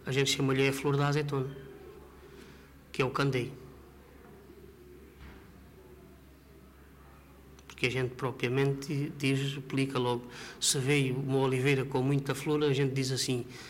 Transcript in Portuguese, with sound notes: A gente chama-lhe é a flor da azeitona – que é o candeio. [pausa] Porque a gente propriamente diz, aplica logo… Se vê uma oliveira com muita flor, a gente diz assim: